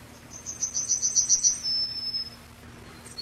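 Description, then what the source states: Yellowhammer song: a quick run of about nine high, rattling notes, then one long drawn-out final note. Recorded 10 July 1991.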